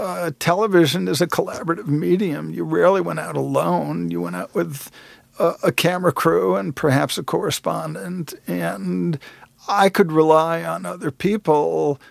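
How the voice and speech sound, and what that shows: An adult man speaks fluently in connected narration, with a somewhat nasal, creaky voice and drawn-out, trailing word endings before pauses. His voice is very much affected by multiple sclerosis, which was diagnosed 30 years ago. These speech changes fit mild dysarthria from multiple sclerosis.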